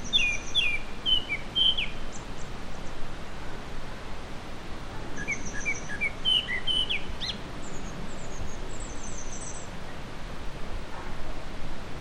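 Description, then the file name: Japanese Thrush singing two bursts of rich whistled notes, one at the start and another about five seconds later, with scattered thin high twitters from other birds over low hiss. "kurotugumi"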